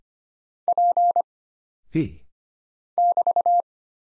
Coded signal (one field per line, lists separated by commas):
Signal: Morse code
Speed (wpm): 25 wpm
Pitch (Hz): 700 Hz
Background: none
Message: P <BT>